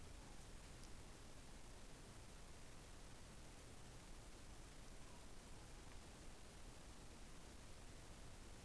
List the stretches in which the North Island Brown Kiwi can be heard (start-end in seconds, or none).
none